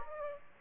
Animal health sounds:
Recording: mosquito wingbeat signal from an infrared sensor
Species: Aedes aegypti

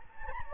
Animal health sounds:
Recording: mosquito wingbeat signal from an infrared sensor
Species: Anopheles gambiae

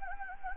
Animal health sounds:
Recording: mosquito wingbeat signal from an infrared sensor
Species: Anopheles gambiae

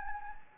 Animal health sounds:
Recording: mosquito wingbeat signal from an infrared sensor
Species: Anopheles gambiae

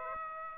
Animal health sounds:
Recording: mosquito wingbeat signal from an infrared sensor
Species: Aedes aegypti

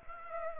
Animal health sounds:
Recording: mosquito wingbeat signal from an infrared sensor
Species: Aedes aegypti

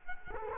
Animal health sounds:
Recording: mosquito wingbeat signal from an infrared sensor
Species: Culex quinquefasciatus

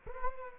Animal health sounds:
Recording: mosquito wingbeat signal from an infrared sensor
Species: Culex quinquefasciatus

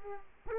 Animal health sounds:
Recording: mosquito wingbeat signal from an infrared sensor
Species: Culex quinquefasciatus

